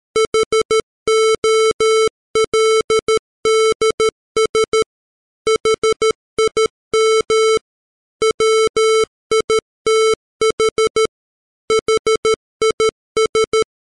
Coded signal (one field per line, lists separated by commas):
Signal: Morse code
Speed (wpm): 13 wpm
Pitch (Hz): 440 Hz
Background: music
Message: HOLDS HIM WITH HIS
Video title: The Rime Of The Ancient Mariner, Part 2, Morse Code